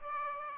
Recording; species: mosquito wingbeat signal from an infrared sensor; Aedes aegypti